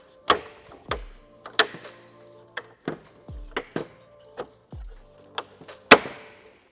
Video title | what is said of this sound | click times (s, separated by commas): Tacoma Lifestyle Rogue Light Bar Grille Install | and just feed them into place on the grill shroud and you'll just push down till you hear them snap right into place and | 0.3 s, 0.9 s, 1.6 s, 3.6 s, 5.4 s, 5.9 s